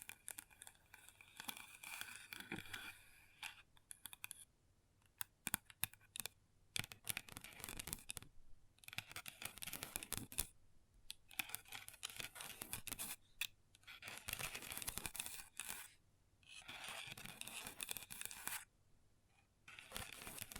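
Long nails scratch and tap on a table in uneven bursts of bright, gritty rasping, broken by short pauses and sharp clicks.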